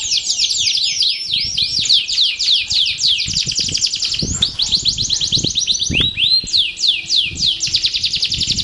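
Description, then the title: Canary song of quick downward-sweeping chirps repeated in fast series, with trills changing speed. Belgian canary breed; warm-up song, meant to get canaries singing. "Canto Para Esquentar Canário Belga. SUARA BURUNG : Kenari"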